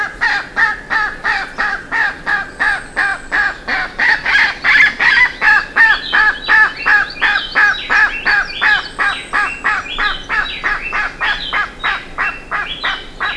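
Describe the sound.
Bird giving loud, harsh calls repeated about three per second, with higher notes joining in the second half.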